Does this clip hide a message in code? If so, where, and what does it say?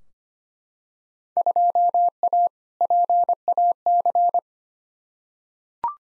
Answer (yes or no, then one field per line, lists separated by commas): yes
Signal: Morse code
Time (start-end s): 1.4-4.4 s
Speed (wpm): 25 wpm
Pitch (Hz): 700 Hz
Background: none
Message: 2A PAC